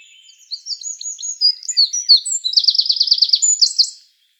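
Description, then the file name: Eurasian wren with a loud, hurried song of sharp high notes that runs into a fast, metallic trill and a few closing notes. "Troglodytes troglodytes"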